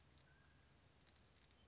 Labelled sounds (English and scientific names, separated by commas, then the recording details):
Anna's Hummingbird (Calypte anna)
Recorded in Sonoma County, California